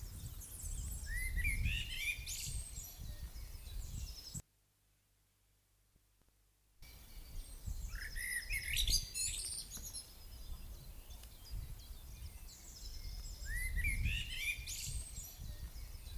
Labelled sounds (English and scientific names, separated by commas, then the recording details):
Common Blackbird (Turdus merula) song
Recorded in the wild
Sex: male
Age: adult
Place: Lübars (Fließtal), Berlin, DE
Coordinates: 52.6167, 13.35
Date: 2005-05-01 13:42
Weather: sunny, 22°C
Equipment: Sony WM-D6C, Sony ECM-MS 907, Kopie Uher 4000 Report Monitor
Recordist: Tembrock, Günter